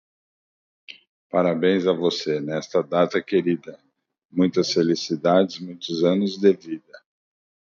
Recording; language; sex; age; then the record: short text; Brazilian Portuguese; male; 50 to 59 years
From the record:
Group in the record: control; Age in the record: 53 years